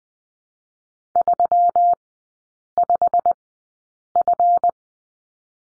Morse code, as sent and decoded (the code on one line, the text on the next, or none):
...-- ..... ..-.
35F